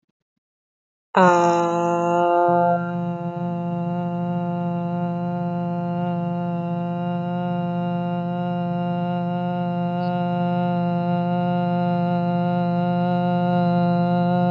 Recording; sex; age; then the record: vowel held as long as possible; female; 30 to 39 years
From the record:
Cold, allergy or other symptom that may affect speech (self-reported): no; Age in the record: 34 years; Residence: Minnesota, United States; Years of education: 14